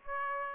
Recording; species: mosquito wingbeat signal from an infrared sensor; Aedes aegypti